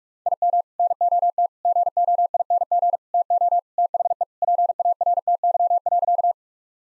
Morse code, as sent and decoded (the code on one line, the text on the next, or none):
.. -- / -. --- - / --. --- .. -. --. / - --- / - .... . / .--. .- .-. - -.-- .-.-.-
IM NOT GOING TO THE PARTY.